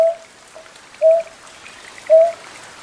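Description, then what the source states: Greater painted-snipe giving three short, mellow hoots about a second apart, with soft high chirps faintly audible behind. Suburbs of Tokyo, Japan.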